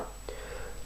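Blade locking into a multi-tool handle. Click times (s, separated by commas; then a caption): 0.3 s. A blade on a Leatherman Juice multi-tool is opened one-handed and locks into the handle, with a faint, short click at 0.3 s over a low steady background. The blade is locked open.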